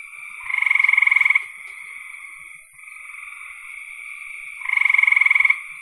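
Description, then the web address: Frogs calling, a loud pulsed trill lasting about a second repeated twice, over a steady chorus of softer rasping trills from other frogs. "cn frogs"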